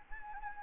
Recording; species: mosquito wingbeat signal from an infrared sensor; Anopheles gambiae